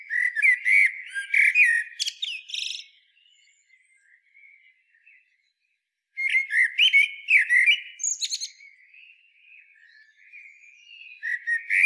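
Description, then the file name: Common blackbird sings two strophes: warbling whistled notes, then a rapid high twittering ending, with a quiet break between them. "Turdus merula"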